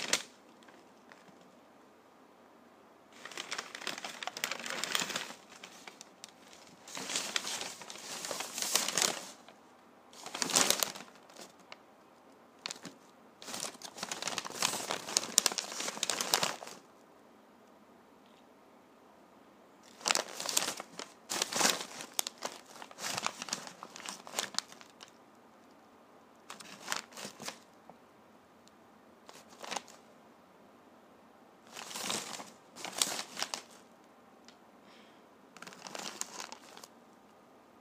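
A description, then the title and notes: Paper is crumpled into a ball in crackly bursts of a few seconds each, with short quiet pauses between. ASMR Crumpling Paper into a Ball.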